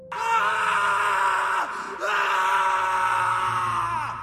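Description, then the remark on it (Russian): A harsh, furious, agonized dying scream from a forest, loud and strained, held in two long bursts separated by a brief gasp, the second sliding downward in pitch as it fades. “Из леса, откуда несколько минут назад убежала пара ученых, раздался крик. Резкий, яростный, предсмертный.”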